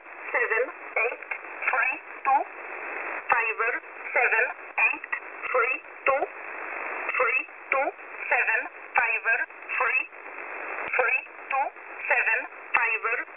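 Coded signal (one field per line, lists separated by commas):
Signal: numbers station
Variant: E11a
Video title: E11a Message 06/03/2023 1045 UTC 10200kHz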